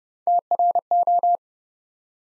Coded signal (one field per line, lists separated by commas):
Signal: Morse code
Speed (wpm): 30 wpm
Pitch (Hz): 700 Hz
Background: none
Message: TRO